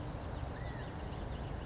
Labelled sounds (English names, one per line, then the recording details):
California Quail
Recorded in Sonoma County, California